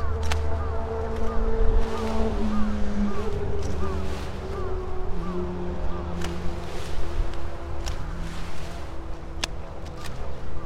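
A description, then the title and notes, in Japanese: Sweet potato vines are cut at the base with sharp, irregular snips, over a steady low outdoor rumble, wind, and a faint droning hum. 台風＋長雨でずいぶん太陽を見ない日が続いて、やっと晴れた！サツマイモ収穫準備で伸びたツルを株元から切っていきます。よく研いだ鎌で一切り。道路が近い畑なので、クルマやバイクもよく通る。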